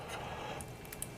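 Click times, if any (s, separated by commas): 0.6 s, 0.9 s, 1.0 s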